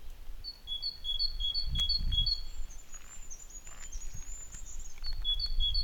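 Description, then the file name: Great tit repeating bright two-note phrases, high then lower, broken by a thin, higher twittering from another bird before the see-saw phrases return. "Parus major"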